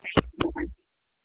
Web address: Koala CS HMCrecordings 2 25 2021 7 44 55 PM